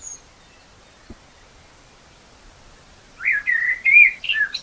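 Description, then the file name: Common blackbird song phrase arriving after a few quiet seconds: a short series of mellow warbled notes ending in a high twitter. "Turdus merula"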